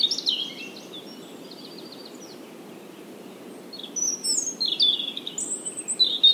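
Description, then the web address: European robin song with a jumbled high phrase at the start, a quiet pause, then a fresh burst of thin whistles and twittering notes. "SETE Erithacus rubecula"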